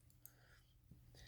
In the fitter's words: you see it locks right in place